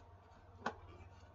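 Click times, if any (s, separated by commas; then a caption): 0.7 s. The plastic canopy of an RC model airplane is pressed onto its windshield, and the matching bevels on the two plastic parts click together and lock in place. A single sharp click sounds at 0.7 s over a steady low hum. The canopy is seated and locked into the windshield.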